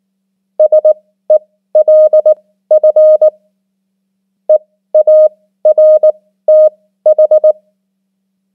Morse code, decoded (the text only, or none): SELF EARTH